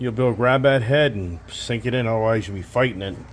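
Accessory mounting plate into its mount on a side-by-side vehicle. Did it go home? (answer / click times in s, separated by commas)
no / none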